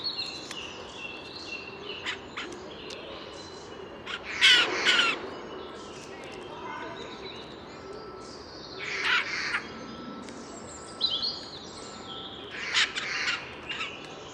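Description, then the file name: Eurasian jay giving harsh, rasping screeches in several separate bursts spaced a few seconds apart, over steady background hiss with thin chirps of other small birds. "Garrulus glandarius"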